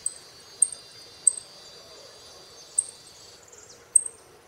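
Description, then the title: Saffron finch repeating brief, piercing high chips at uneven intervals, with a faint hiss behind them. "Jilguero Argentino"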